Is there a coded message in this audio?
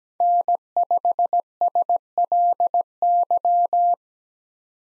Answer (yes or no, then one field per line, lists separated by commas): yes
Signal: Morse code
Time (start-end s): 0.2-3.9 s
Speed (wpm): 17 wpm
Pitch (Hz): 700 Hz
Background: none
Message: N5SLY